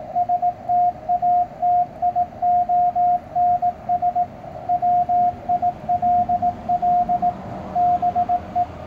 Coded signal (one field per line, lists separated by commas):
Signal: Morse code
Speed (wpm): 17 wpm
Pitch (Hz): 710 Hz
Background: radio noise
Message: STATIONS WILL BE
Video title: CW with ham radio deluxe